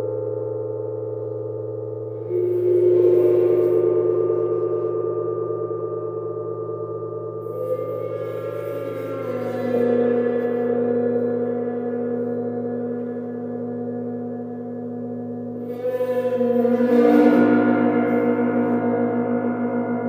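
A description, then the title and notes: Planetary gongs hum with a steady low drone and layered sustained tones throughout. Fresh strikes bloom at about 2, 8, 16 and 17 seconds, each swelling brighter with shimmering upper overtones before settling back into the dense, slowly wavering wash. Jupiter, Chiron, Neptune and Sidereal Moon Gong. Four different planetary Gongs played.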